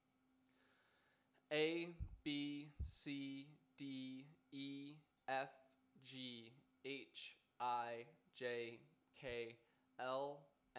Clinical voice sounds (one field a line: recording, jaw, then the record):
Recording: letters of the alphabet, spoken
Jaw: free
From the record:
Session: first day, before the bite bar